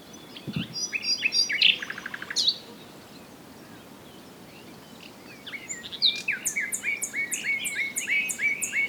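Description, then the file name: Common nightingale song: a burst of mixed chirps and rattles, a quiet gap of about three seconds, then a long series of evenly repeated loud notes. "Luscinia megarhynchos"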